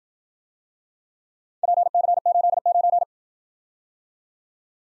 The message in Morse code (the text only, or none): PC89